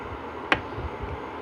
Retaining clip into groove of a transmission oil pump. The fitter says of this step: Push that dude down in there till it snaps in.